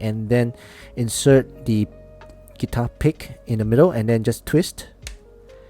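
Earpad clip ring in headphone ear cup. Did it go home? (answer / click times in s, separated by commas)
released / 5.1 s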